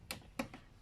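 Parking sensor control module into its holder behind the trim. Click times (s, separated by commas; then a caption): 0.1 s, 0.4 s. A plastic parking sensor (PDC) control module, part 5K0919475 for a Golf 6, is pushed into its holder behind the trim after it had resisted. Two sharp clicks sound at 0.1 s and 0.4 s, followed by a faint softer tick at 0.5 s. The module is seated in place, though it still moves a little.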